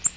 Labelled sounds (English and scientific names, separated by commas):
Yellow-rumped Warbler (Setophaga coronata) flight call